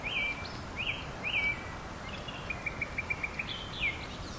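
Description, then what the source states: Bird song: three quick chirping phrases, then a rapid series of about seven bright ticking notes and a final slurred whistle, over constant background noise. Recorded on a summer evening.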